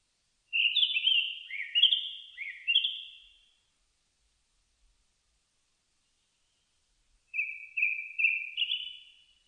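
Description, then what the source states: Japanese thrush singing a loud, jumbled phrase of fluty whistles, then after a long silence a second, softer phrase of repeated whistled notes ending higher. Recorded 4 May 2001.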